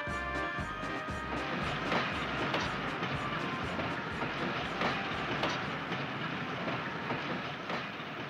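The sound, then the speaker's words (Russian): A steady, dense rumble of a train's wheels clattering over rails, a train bound for Nizhny, with repeated rhythmic clacks and metallic rattling running continuously throughout, fairly loud and without any talking. “Еще в поезде Остап успел побеседовать с завгидропрессом монтером Мечниковым и узнал от него все.”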